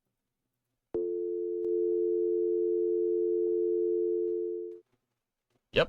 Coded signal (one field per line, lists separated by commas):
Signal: telephone call progress tone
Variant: North America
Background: speech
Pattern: dial tone